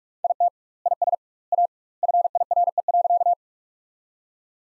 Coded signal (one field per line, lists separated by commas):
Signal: Morse code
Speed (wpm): 42 wpm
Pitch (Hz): 700 Hz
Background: none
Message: IT IS A FIRE.